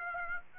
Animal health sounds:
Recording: mosquito wingbeat signal from an infrared sensor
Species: Aedes aegypti

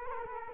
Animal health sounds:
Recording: mosquito wingbeat signal from an infrared sensor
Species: Culex quinquefasciatus

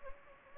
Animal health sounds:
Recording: mosquito wingbeat signal from an infrared sensor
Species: Anopheles gambiae

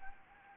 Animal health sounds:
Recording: mosquito wingbeat signal from an infrared sensor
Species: Anopheles arabiensis

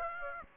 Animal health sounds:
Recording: mosquito wingbeat signal from an infrared sensor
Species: Aedes aegypti

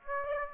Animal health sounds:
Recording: mosquito wingbeat signal from an infrared sensor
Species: Aedes aegypti

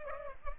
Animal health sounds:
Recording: mosquito wingbeat signal from an infrared sensor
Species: Culex pipiens

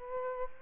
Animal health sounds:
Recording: mosquito wingbeat signal from an infrared sensor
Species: Culex quinquefasciatus

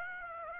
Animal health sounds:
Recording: mosquito wingbeat signal from an infrared sensor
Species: Aedes aegypti

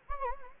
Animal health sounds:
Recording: mosquito wingbeat signal from an infrared sensor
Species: Anopheles gambiae

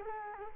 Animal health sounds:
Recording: mosquito wingbeat signal from an infrared sensor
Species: Culex quinquefasciatus

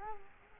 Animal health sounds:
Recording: mosquito wingbeat signal from an infrared sensor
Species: Culex quinquefasciatus

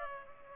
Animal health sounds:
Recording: mosquito wingbeat signal from an infrared sensor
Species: Culex pipiens

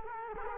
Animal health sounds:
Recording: mosquito wingbeat signal from an infrared sensor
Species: Culex quinquefasciatus

